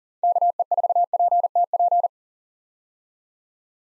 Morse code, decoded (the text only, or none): KE4PTP